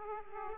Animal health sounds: mosquito wingbeat signal from an infrared sensor; Aedes aegypti

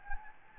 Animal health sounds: mosquito wingbeat signal from an infrared sensor; Anopheles gambiae

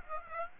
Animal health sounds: mosquito wingbeat signal from an infrared sensor; Aedes aegypti

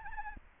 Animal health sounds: mosquito wingbeat signal from an infrared sensor; Anopheles arabiensis

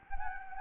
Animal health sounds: mosquito wingbeat signal from an infrared sensor; Anopheles gambiae

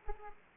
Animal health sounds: mosquito wingbeat signal from an infrared sensor; Aedes aegypti

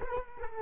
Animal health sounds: mosquito wingbeat signal from an infrared sensor; Culex quinquefasciatus

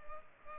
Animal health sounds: mosquito wingbeat signal from an infrared sensor; Culex pipiens

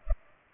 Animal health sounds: mosquito wingbeat signal from an infrared sensor; Culex pipiens

